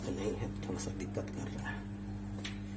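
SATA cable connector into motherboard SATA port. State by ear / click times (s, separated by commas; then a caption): seated / 2.4 s. A SATA cable connector is pushed, after a struggle, into a repaired SATA port on a desktop motherboard while someone talks over a steady low hum. One short click is heard at 2.5 s as the connector locks in and seats.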